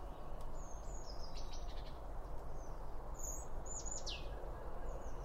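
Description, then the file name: Thin, high bird twitters, then a steeply falling whistled note near the end, over steady low background noise. Birds around a bird feeder, recorded with two Line Audio OM1 microphones. "Birds Around Birdfeeding With Two Om 1 From Line Audio"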